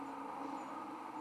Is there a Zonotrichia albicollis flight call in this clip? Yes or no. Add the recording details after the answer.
no. No flight call is heard. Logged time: 22:14 on 19 December 2014